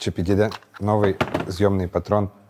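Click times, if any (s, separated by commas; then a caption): none. Someone talks while a new removable chuck is handled at an old, slightly rusty cordless drill to check whether it fits. Nothing has seated or clicked yet.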